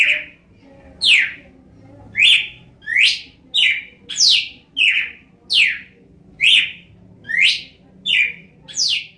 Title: Galo de Campina